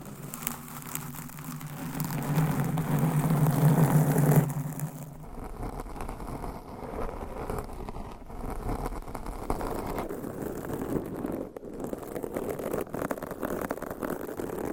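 Claws scratch across a microphone, opening with a low droning rumble that swells and cuts off near four seconds, then dense, uneven rasping scratches.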